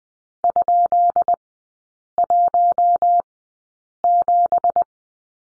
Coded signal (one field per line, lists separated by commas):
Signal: Morse code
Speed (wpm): 20 wpm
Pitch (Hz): 700 Hz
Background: none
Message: ?17